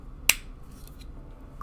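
Two plastic model kit parts are pressed together by hand until they seat with a sharp snap at 0.3 s. A few faint ticks follow. The parts snap together.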